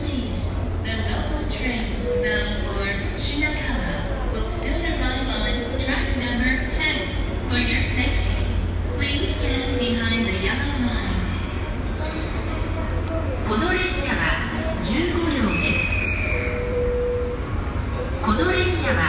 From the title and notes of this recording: ASMR Leaving Tokyo Station. Environmental sound recorded in Tokyo station .